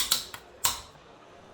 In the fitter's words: And at the end, satisfying clicking sound.